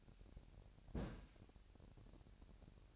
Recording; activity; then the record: daily activity, microphone in the room; place on stove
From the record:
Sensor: 2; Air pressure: 1011.9 hPa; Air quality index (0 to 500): 201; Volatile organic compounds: 3 ppm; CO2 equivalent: 1425 ppm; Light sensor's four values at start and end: 61/146/60/58 and 61/146/60/58